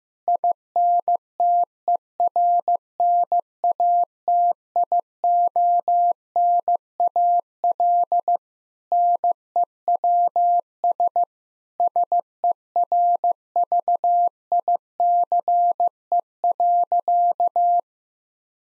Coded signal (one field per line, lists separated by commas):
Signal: Morse code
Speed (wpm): 16 wpm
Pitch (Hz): 700 Hz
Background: none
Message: INTERNATIONAL NEWS SERVICE.